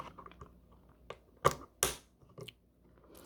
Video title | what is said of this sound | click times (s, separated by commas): Wasp TrapStik by Rescue - Easy & Effective | I like that. satisfying clicky sound to let you know it's in there. | 1.8 s